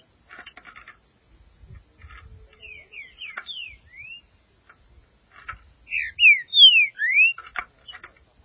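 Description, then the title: Green-winged saltator song, a softer phrase of slurred whistles followed a few seconds later by a louder, richer phrase of swooping whistled notes; faint clicks in the gaps. "Trinca Ferro"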